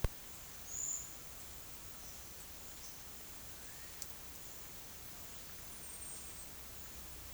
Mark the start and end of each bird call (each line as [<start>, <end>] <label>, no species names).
[3.32, 4.08] bird call
[5.39, 6.63] bird call